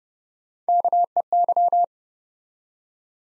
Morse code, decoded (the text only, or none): KEY